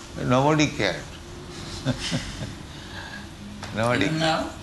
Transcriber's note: laughs